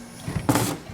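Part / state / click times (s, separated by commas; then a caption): battery pack from a cordless chainsaw / released / 0.5 s. The release button at the back of a Stihl cordless electric chainsaw is pressed, and the battery pack is released and pops out with a sharp click at 0.5 s. A brief rattling follows as the pack comes free.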